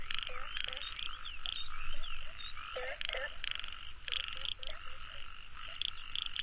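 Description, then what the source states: Frogs croaking in a busy chorus of short, rapidly repeated calls against steady background noise. Nature soundscape with frogs.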